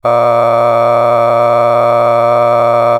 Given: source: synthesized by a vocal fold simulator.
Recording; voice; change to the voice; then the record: sustained vowel; male; a random mix of aspiration noise, stiffness perturbation and strain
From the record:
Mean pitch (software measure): 118 Hz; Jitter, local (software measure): 2.25%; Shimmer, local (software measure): 7.3%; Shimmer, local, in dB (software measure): 0.59 dB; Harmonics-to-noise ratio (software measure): 12.1 dB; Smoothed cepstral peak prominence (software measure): 15.8 dB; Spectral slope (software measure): -16.7 dB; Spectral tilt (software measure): -11.4 dB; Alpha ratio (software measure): -7.2 dB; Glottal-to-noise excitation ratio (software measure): 0.971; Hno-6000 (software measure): 2.2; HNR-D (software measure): 24.1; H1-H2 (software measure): 4.4 dB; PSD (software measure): 1.6e-04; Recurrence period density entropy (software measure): 0.108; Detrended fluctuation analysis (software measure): 0.0444